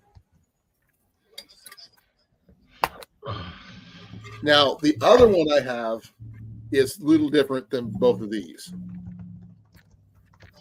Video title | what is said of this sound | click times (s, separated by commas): Thursday Night Live and a gift for a subscriber | So it doesn't matter where you put it, as long as it's on this, it'll click right in. | 2.8 s